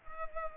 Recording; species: mosquito wingbeat signal from an infrared sensor; Culex pipiens